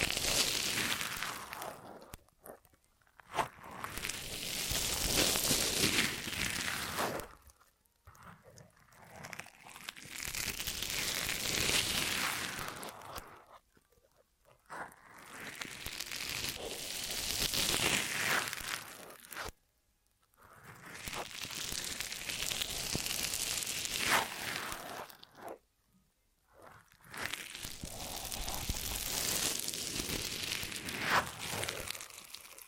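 Ear massage triggers: bursts of soft, bright crinkling and rubbing, each lasting several seconds, swelling and fading with brief silences between them around 3, 8, 14, 20 and 26 seconds. The texture stays dense and papery, with scattered crackles throughout.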